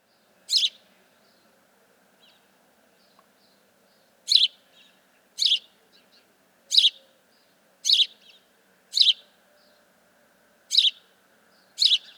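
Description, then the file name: House sparrow giving sharp, harsh chirps, single notes mostly about a second apart after an early one and a long gap, with faint soft notes between. "Passer domesticus"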